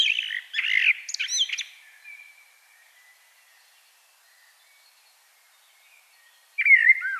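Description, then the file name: Common blackbird song: a mellow fluted warble dropping into a squeaky high twitter, then a long pause before a new warbled phrase starts at the end. "Turdus merula"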